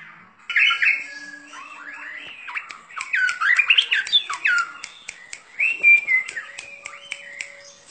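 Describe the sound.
Bird delivering a rambling song of squawky and whistled notes, slurred up and down, with sharp ticking clicks scattered throughout.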